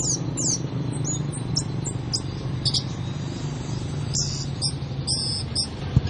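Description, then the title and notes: Oriental magpie-robin song: scattered sharp, high whistled notes and short chirps at irregular intervals over a steady low hum. "Kicau Kacer. manukmanukan"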